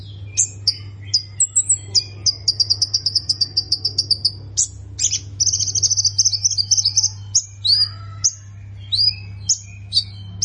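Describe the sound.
Plain prinia song mixing thin upslurred whistles and rapid buzzy bursts of high notes, some phrases fast and stuttering. A steady low hum underlies it.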